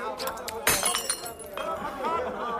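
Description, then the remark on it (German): A sudden loud crash of glass breaking, followed by scattered tinkling shards, with voices murmuring and talking softly around it. “Schade um das Glas.”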